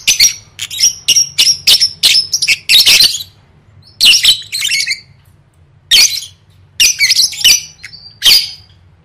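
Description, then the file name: Lovebird chattering calls: shrill, harsh chirps and squawks in quick bursts separated by brief pauses. "tieng vet mau don"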